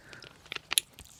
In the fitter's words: on entend le clipse